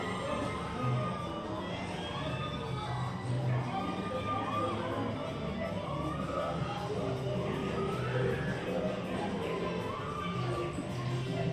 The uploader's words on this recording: Mickey's Toon Town, Disneyland Binaural Recording. In this episode, we go on another audio adventure through Disneyland Park in Anaheim, California. This time we stroll through Mickey's Toon Town just days before they were scheduled to shut down for a year of maintenance and refurbishment.